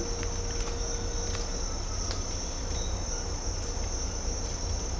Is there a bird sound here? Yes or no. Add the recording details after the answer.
no. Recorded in dense forest near Puerto Asís, Putumayo, Colombia, on 18 December 2024 at 06:00. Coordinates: 0.503, -76.323. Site G043